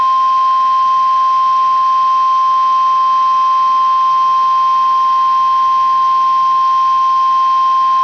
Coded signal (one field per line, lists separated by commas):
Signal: Emergency Alert System (SAME) tones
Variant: 1050 Hz attention tone